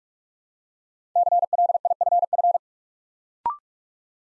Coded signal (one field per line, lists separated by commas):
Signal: Morse code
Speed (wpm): 44 wpm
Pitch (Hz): 700 Hz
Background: none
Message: CLIFF